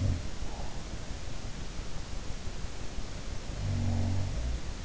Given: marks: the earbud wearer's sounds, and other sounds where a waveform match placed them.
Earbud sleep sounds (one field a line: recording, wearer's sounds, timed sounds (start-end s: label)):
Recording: sounds in sleep by an in-ear microphone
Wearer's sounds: breath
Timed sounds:
0.00-1.15 s: breath
3.41-4.85 s: sound from someone else or the room
3.55-4.59 s: breath